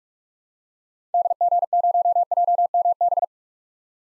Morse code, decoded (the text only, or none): DG0JMB